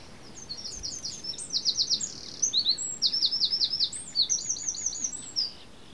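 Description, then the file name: Eurasian wren singing a fast, energetic string of high chips and quick trills that run together without pause for several seconds before stopping abruptly. "Troglodytes troglodytes"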